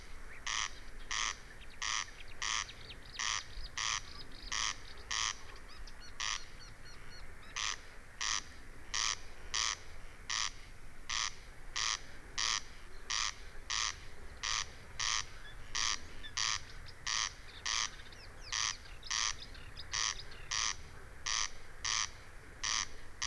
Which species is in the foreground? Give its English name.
Corn Crake